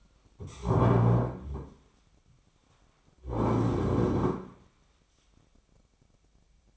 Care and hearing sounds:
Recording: daily activity, microphone in the room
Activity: stand up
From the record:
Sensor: 1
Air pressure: 1009.3 hPa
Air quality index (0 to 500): 180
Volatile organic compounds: 3 ppm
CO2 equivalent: 1518 ppm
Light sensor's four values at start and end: 46/122/51/60 and 44/116/49/58

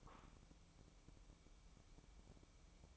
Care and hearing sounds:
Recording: daily activity, microphone in the room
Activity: take from stove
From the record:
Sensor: 1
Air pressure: 1008.0 hPa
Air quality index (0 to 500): 129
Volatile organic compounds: 2 ppm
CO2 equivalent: 1083 ppm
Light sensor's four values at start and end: 8/18/7/8 and 8/18/7/8

